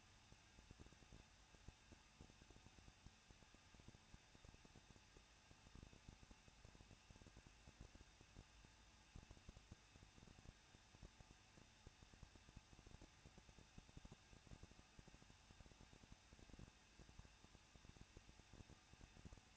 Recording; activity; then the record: daily activity, microphone in the room; no activity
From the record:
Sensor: 2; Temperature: 21.0 degrees Celsius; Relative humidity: 37.4%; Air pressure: 1006.2 hPa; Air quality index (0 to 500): 221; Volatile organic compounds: 24 ppm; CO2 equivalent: 2800 ppm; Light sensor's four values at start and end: 2/3/2/2 and 2/3/2/2